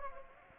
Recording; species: mosquito wingbeat signal from an infrared sensor; Anopheles gambiae